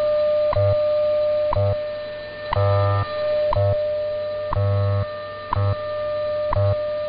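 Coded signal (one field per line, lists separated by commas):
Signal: radio time signal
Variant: WWV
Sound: steady mid-pitch tone interrupted by a sharp tick every second, with low hum pulses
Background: radio static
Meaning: Ticks mark each second as a standard time interval with a standard audio tone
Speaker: providing time of day, standard time interval, and other related information.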